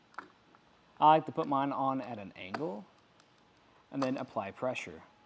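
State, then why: Not seated. A plastic end cap is hooked at an angle onto the end of a Yakima JetStream roof rack crossbar on a 2024 Ram 1500, ready to be pressed on, while someone talks over brief faint ticks. Nothing has seated or clicked yet.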